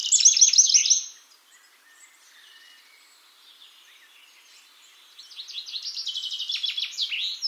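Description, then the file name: Eurasian wren: a brief burst of sharp, fast trilled notes at the start, a quiet gap, then another rapid high rattling phrase near the end. "Troglodytes troglodytes"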